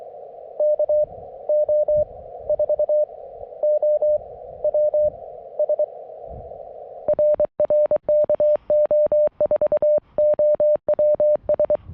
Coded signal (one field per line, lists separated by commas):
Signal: Morse code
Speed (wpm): 23 wpm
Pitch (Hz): 590 Hz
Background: none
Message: KO4OWS RR KO4OWS